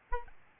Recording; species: mosquito wingbeat signal from an infrared sensor; Aedes albopictus